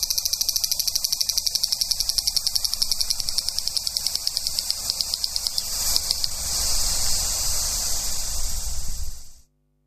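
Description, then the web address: Large brown cicada song starting as a fast pulsed rattle, then swelling into a smooth sizzling hiss before stopping abruptly. "sikioto insect aburazemi"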